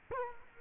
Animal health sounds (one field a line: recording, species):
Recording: mosquito wingbeat signal from an infrared sensor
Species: Culex quinquefasciatus